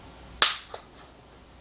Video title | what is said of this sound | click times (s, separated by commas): BayTaa OnePlus One Bamboo Cover unboxing and installation and review | and there's literally the popping pins those are your indicators | 0.4 s